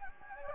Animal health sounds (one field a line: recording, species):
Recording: mosquito wingbeat signal from an infrared sensor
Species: Anopheles gambiae